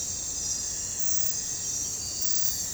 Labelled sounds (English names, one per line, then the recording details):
none
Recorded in pastures near Puerto Asís, Putumayo, Colombia, on 22 December 2024 at 02:00
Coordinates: 0.466, -76.322
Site G040